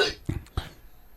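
A very pregnant woman coughs hard in the background, after something went down the wrong pipe; she had been coughing like that earlier that morning too.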